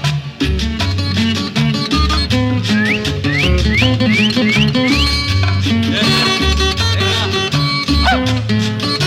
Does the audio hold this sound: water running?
no